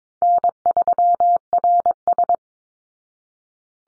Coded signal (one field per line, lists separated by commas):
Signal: Morse code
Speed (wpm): 22 wpm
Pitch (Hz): 700 Hz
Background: none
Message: N3RS